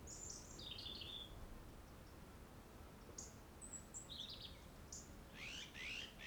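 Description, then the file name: European robin song of high, thin twittering notes dropping into lower warbles, then sparse sharp notes and a closing scratchy flourish over steady hiss. "Erithacus rubecula"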